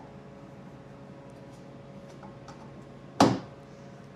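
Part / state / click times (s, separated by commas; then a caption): fake injection stack tube into its mount on the stroller hood / seated / 3.2 s. A shortened, tapered stack tube for a fake injection setup on a child's stroller is pushed into its mounting hole on the stroller hood. After faint ticks around 2.2 and 2.5 seconds, a loud, sharp pop at 3.2 seconds marks it seating into place.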